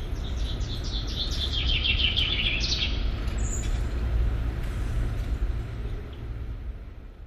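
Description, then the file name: Common chaffinch song: a quick run of bright notes falling in pitch, ending in a short flourish, over a steady low rumble. "Fringilla coelebs"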